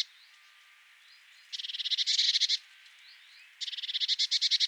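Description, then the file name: Eurasian blue tit giving two rapid buzzy churring bursts, each about a second long and rising slightly in loudness, with faint thin notes between them. "Cyanistes caeruleus"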